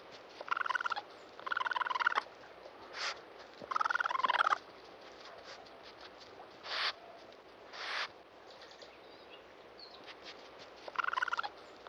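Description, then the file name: Raccoon giving rapid, rattling trills in three bursts, with a few short noisy bursts between, then one final trill. "dan-gibsons-solitudes raccoon"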